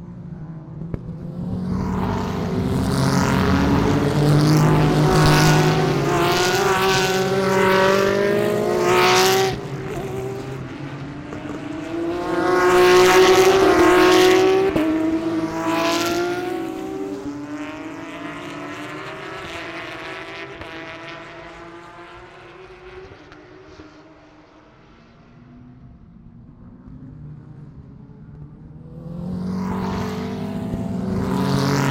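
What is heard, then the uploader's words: GT3 race cars scream past on a road course, engines rising in pitch as they approach and sweeping down as they pass, with bursts around 1–9 and 11–17 seconds. Engine roar fades to a quieter lull near 25 seconds before another car arrives. The Sounds of World Challenge GT at Mid-Ohio 2016. An ambient audio feature of the Pirelli World Challenge GT series race at Mid-Ohio with McLarens, Nissans, Acuras, Audis, Cadillacs, Porsches, and more amazing GT3 machinery went wild around the beloved road course.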